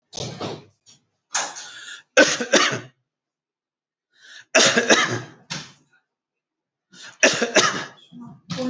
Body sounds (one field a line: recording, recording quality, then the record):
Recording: heavy voluntary cough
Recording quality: moderate, slight background noise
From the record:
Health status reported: healthy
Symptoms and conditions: none ticked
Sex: male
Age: 45 years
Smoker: not ticked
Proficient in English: yes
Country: India